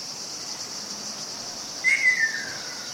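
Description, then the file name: Ruddy kingfisher call, a single whistled trill that slides downward and fades, heard over a continuous high-pitched insect chorus. "akashoubin"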